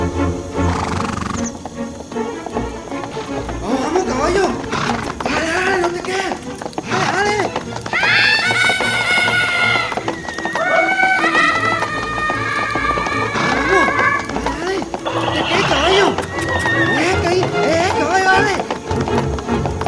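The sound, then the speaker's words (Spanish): A horse whinnies in long, wavering high-pitched cries while hooves clop along in a steady, woody rhythm as it arrives at a stable, the sounds continuing at a fairly loud level throughout. “deja su caballo en el establo y entra a su habitación con mucho temor”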